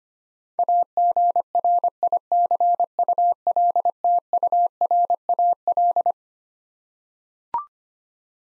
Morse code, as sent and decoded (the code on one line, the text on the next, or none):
.- --. .-. .. -.-. ..- .-.. - ..- .-. .- .-..
AGRICULTURAL